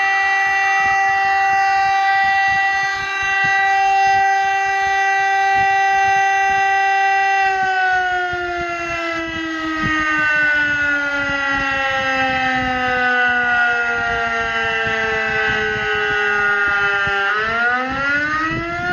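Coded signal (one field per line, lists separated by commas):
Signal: siren signal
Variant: DS977 electronic siren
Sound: loud continuous electronic siren tone with buzzy harmonics, pitch sagging slightly then rising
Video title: siren signal "fire alarm" Republique Thèque DS977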